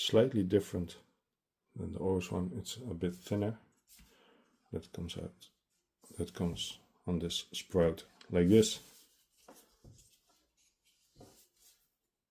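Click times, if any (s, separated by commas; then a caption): none. Someone talks while holding a thin plastic spout piece and lining it up on the brew group of a 2023/24 Jura E8 (EC) coffee machine before pushing it in. Only a faint, soft knock is heard around 9.5 seconds, and the piece has not clicked or seated yet.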